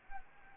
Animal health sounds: mosquito wingbeat signal from an infrared sensor; Anopheles gambiae

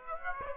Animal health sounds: mosquito wingbeat signal from an infrared sensor; Aedes aegypti

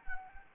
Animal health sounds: mosquito wingbeat signal from an infrared sensor; Anopheles gambiae

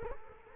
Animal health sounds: mosquito wingbeat signal from an infrared sensor; Culex quinquefasciatus

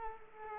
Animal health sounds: mosquito wingbeat signal from an infrared sensor; Culex quinquefasciatus

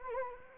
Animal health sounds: mosquito wingbeat signal from an infrared sensor; Anopheles gambiae

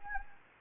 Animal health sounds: mosquito wingbeat signal from an infrared sensor; Anopheles gambiae

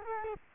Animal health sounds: mosquito wingbeat signal from an infrared sensor; Culex quinquefasciatus

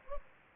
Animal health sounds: mosquito wingbeat signal from an infrared sensor; Anopheles gambiae

